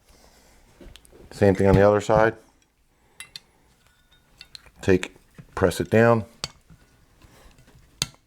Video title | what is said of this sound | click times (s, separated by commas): How to Replace Front Brake Pads and Rotors. | they don't really snap in place but they do lock in place | 8.0 s